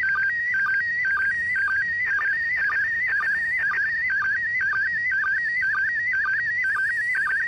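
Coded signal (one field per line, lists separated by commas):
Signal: SSTV (slow-scan television)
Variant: PD120 mode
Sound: warbling tone shifting between pitches, interrupted by short regular low sync blips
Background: radio static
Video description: Decoding SSTV from the International Space Station on 145.800 MHz PD120 mode.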